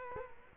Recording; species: mosquito wingbeat signal from an infrared sensor; Culex quinquefasciatus